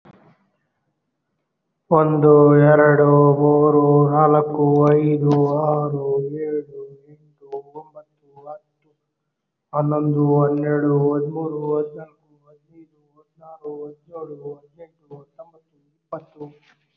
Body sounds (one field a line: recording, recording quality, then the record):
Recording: counting at a normal pace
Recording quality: moderate, slight background noise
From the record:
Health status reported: COVID-19 positive, mild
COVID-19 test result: positive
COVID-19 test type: rapid antigen test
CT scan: not taken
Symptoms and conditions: fever, fatigue, muscle pain, asthma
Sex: male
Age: 30 years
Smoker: no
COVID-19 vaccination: both doses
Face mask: worn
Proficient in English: no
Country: India